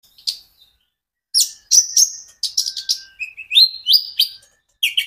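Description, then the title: Van Hasselt's sunbird song: thin, very high twittering phrases with short buzzy trills and rising notes, separated by brief silences. Caged bird; steady, vigorous song used as a lure to prompt and train other caged sunbirds to sing in reply. "KOLIBRI NINJA KONIN IJOAN GACOR COCOK UNTUK PANCINGAN TERAPI KONIN BAHAN PASTI NYAUT"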